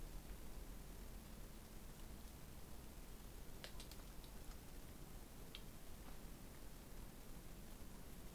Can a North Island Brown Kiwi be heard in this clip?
no